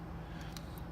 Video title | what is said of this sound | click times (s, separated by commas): Viewers Choice Build 2 Eduard MIG 21PFM Part 3 | make sure it lines up there we go clicks into place so | 0.6 s